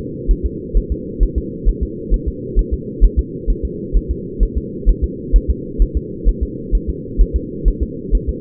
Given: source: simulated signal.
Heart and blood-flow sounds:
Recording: fetal heart sounds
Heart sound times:
0.31 s: S1
0.46 s: S2
0.77 s: S1
0.92 s: S2
1.23 s: S1
1.38 s: S2
1.69 s: S1
1.83 s: S2
2.14 s: S1
2.28 s: S2
2.59 s: S1
2.73 s: S2
3.04 s: S1
3.19 s: S2
3.50 s: S1
3.65 s: S2
3.96 s: S1
4.11 s: S2
4.43 s: S1
4.57 s: S2
4.89 s: S1
5.04 s: S2
5.36 s: S1
5.50 s: S2
5.82 s: S1
5.97 s: S2
6.29 s: S1
6.43 s: S2
6.75 s: S1
6.89 s: S2
7.21 s: S1
7.36 s: S2
7.68 s: S1
7.83 s: S2
8.15 s: S1
8.29 s: S2
From the record:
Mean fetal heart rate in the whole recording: 130 bpm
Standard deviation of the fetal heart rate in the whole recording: 2 bpm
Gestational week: 36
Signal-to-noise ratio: -4.1 dB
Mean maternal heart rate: no maternal heart sound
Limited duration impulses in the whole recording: absent

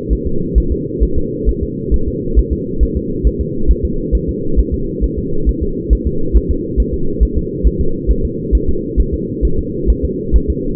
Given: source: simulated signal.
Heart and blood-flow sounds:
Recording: fetal heart sounds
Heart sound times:
0.13 s: S1
0.27 s: S2
0.58 s: S1
0.72 s: S2
1.03 s: S1
1.18 s: S2
1.49 s: S1
1.63 s: S2
1.94 s: S1
2.08 s: S2
2.39 s: S1
2.53 s: S2
2.83 s: S1
2.97 s: S2
3.27 s: S1
3.41 s: S2
3.71 s: S1
3.85 s: S2
4.15 s: S1
4.29 s: S2
4.59 s: S1
4.74 s: S2
5.04 s: S1
5.19 s: S2
5.49 s: S1
5.63 s: S2
5.93 s: S1
6.07 s: S2
6.37 s: S1
6.51 s: S2
6.80 s: S1
6.94 s: S2
7.23 s: S1
7.38 s: S2
7.67 s: S1
7.81 s: S2
8.11 s: S1
8.25 s: S2
8.55 s: S1
8.69 s: S2
9.00 s: S1
9.14 s: S2
9.45 s: S1
9.59 s: S2
9.90 s: S1
10.05 s: S2
10.36 s: S1
10.50 s: S2
From the record:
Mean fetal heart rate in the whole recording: 135 bpm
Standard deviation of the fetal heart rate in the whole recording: 3 bpm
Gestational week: 34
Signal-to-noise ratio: -8.1 dB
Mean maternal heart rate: 72 bpm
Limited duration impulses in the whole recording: absent

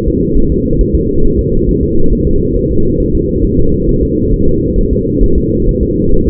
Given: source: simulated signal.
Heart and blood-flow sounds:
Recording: fetal heart sounds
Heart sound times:
0.08 s: S2
0.38 s: S1
0.52 s: S2
0.81 s: S1
0.95 s: S2
1.25 s: S1
1.39 s: S2
1.69 s: S1
1.83 s: S2
2.13 s: S1
2.27 s: S2
2.57 s: S1
2.71 s: S2
3.00 s: S1
3.15 s: S2
3.45 s: S1
3.59 s: S2
3.89 s: S1
4.03 s: S2
4.34 s: S1
4.48 s: S2
4.79 s: S1
4.93 s: S2
5.24 s: S1
5.38 s: S2
5.69 s: S1
5.83 s: S2
6.14 s: S1
6.28 s: S2
From the record:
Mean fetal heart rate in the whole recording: 135 bpm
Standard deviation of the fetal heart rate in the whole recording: 3 bpm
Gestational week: 36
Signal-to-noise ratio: -17.7 dB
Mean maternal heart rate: 72 bpm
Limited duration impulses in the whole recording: present

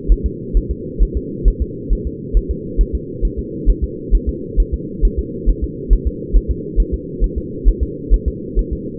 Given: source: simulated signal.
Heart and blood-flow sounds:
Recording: fetal heart sounds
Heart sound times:
0.12 s: S1
0.26 s: S2
0.57 s: S1
0.71 s: S2
1.03 s: S1
1.17 s: S2
1.48 s: S1
1.62 s: S2
1.93 s: S1
2.07 s: S2
2.37 s: S1
2.51 s: S2
2.81 s: S1
2.95 s: S2
3.25 s: S1
3.39 s: S2
3.70 s: S1
3.84 s: S2
4.15 s: S1
4.29 s: S2
4.60 s: S1
4.74 s: S2
5.05 s: S1
5.19 s: S2
5.49 s: S1
5.64 s: S2
5.93 s: S1
6.07 s: S2
6.37 s: S1
6.51 s: S2
6.80 s: S1
6.94 s: S2
7.24 s: S1
7.38 s: S2
7.69 s: S1
7.83 s: S2
8.14 s: S1
8.28 s: S2
8.59 s: S1
8.73 s: S2
From the record:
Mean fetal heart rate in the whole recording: 135 bpm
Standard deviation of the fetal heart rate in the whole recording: 3 bpm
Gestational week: 36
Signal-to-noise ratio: -4.1 dB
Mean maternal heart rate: no maternal heart sound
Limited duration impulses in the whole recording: absent

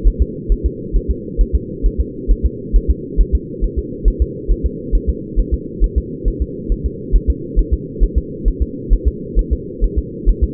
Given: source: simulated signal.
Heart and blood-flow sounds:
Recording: fetal heart sounds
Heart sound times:
0.08 s: S1
0.22 s: S2
0.52 s: S1
0.66 s: S2
0.96 s: S1
1.11 s: S2
1.41 s: S1
1.55 s: S2
1.86 s: S1
2.00 s: S2
2.31 s: S1
2.46 s: S2
2.76 s: S1
2.90 s: S2
3.20 s: S1
3.35 s: S2
3.64 s: S1
3.78 s: S2
4.08 s: S1
4.22 s: S2
4.51 s: S1
4.66 s: S2
4.95 s: S1
5.09 s: S2
5.39 s: S1
5.54 s: S2
5.84 s: S1
5.98 s: S2
6.28 s: S1
6.42 s: S2
6.72 s: S1
6.86 s: S2
7.15 s: S1
7.30 s: S2
7.59 s: S1
7.73 s: S2
8.03 s: S1
8.18 s: S2
8.48 s: S1
8.62 s: S2
8.93 s: S1
9.08 s: S2
9.39 s: S1
9.53 s: S2
9.84 s: S1
9.98 s: S2
10.29 s: S1
10.44 s: S2
From the record:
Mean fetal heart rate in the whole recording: 135 bpm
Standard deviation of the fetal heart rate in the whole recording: 3 bpm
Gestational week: 36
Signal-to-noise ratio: -4.1 dB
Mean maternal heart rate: no maternal heart sound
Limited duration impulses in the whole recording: absent

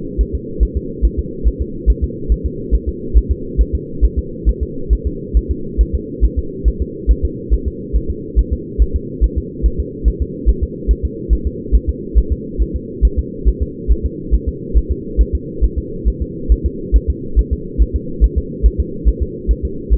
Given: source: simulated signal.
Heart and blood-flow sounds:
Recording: fetal heart sounds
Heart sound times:
0.21 s: S1
0.35 s: S2
0.63 s: S1
0.77 s: S2
1.05 s: S1
1.19 s: S2
1.47 s: S1
1.61 s: S2
1.90 s: S1
2.04 s: S2
2.32 s: S1
2.46 s: S2
2.75 s: S1
2.88 s: S2
3.17 s: S1
3.31 s: S2
3.61 s: S1
3.75 s: S2
4.05 s: S1
4.19 s: S2
4.49 s: S1
4.63 s: S2
4.93 s: S1
5.07 s: S2
5.37 s: S1
5.51 s: S2
5.81 s: S1
5.95 s: S2
6.25 s: S1
6.39 s: S2
6.68 s: S1
6.82 s: S2
7.11 s: S1
7.25 s: S2
7.53 s: S1
7.67 s: S2
7.96 s: S1
8.10 s: S2
8.39 s: S1
8.53 s: S2
8.82 s: S1
8.96 s: S2
9.24 s: S1
9.38 s: S2
9.66 s: S1
9.80 s: S2
10.08 s: S1
10.22 s: S2
10.49 s: S1
10.63 s: S2
10.91 s: S1
11.05 s: S2
11.33 s: S1
11.47 s: S2
11.75 s: S1
11.89 s: S2
12.18 s: S1
12.32 s: S2
12.62 s: S1
12.76 s: S2
13.05 s: S1
13.19 s: S2
13.48 s: S1
13.62 s: S2
13.91 s: S1
14.05 s: S2
14.34 s: S1
14.48 s: S2
14.78 s: S1
14.91 s: S2
15.21 s: S1
15.35 s: S2
15.64 s: S1
15.78 s: S2
16.08 s: S1
16.22 s: S2
16.52 s: S1
16.66 s: S2
16.96 s: S1
17.10 s: S2
17.39 s: S1
17.53 s: S2
17.82 s: S1
17.96 s: S2
18.24 s: S1
18.38 s: S2
18.66 s: S1
18.80 s: S2
19.09 s: S1
19.22 s: S2
19.51 s: S1
19.65 s: S2
19.93 s: S1
From the record:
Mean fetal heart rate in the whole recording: 140 bpm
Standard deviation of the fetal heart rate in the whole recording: 2 bpm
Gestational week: 34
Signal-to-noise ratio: -4.3 dB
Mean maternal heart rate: 72 bpm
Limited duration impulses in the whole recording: absent

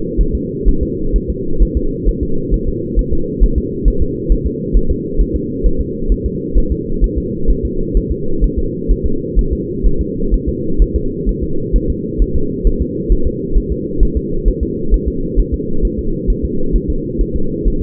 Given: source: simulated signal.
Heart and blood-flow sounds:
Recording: fetal heart sounds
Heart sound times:
0.21 s: S1
0.35 s: S2
0.68 s: S1
0.83 s: S2
1.16 s: S1
1.30 s: S2
1.62 s: S1
1.77 s: S2
2.09 s: S1
2.23 s: S2
2.54 s: S1
2.68 s: S2
2.99 s: S1
3.13 s: S2
3.44 s: S1
3.58 s: S2
3.88 s: S1
4.02 s: S2
4.32 s: S1
4.47 s: S2
4.77 s: S1
4.91 s: S2
5.21 s: S1
5.36 s: S2
5.66 s: S1
5.81 s: S2
6.12 s: S1
6.26 s: S2
6.58 s: S1
6.72 s: S2
7.04 s: S1
7.18 s: S2
7.50 s: S1
7.65 s: S2
7.97 s: S1
8.12 s: S2
8.44 s: S1
8.59 s: S2
8.91 s: S1
9.06 s: S2
9.39 s: S1
9.53 s: S2
9.86 s: S1
10.01 s: S2
10.34 s: S1
10.48 s: S2
10.82 s: S1
10.96 s: S2
11.29 s: S1
11.43 s: S2
11.76 s: S1
11.90 s: S2
12.22 s: S1
12.36 s: S2
12.67 s: S1
12.81 s: S2
13.12 s: S1
13.27 s: S2
13.57 s: S1
13.72 s: S2
14.03 s: S1
14.17 s: S2
14.48 s: S1
14.63 s: S2
14.94 s: S1
15.08 s: S2
15.39 s: S1
15.54 s: S2
15.85 s: S1
15.99 s: S2
16.30 s: S1
16.45 s: S2
16.76 s: S1
16.90 s: S2
17.21 s: S1
17.36 s: S2
17.67 s: S1
17.82 s: S2
From the record:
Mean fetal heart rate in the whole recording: 130 bpm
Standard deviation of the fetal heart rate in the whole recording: 2 bpm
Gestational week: 36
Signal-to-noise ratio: -8.1 dB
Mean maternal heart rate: 72 bpm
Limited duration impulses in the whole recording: absent

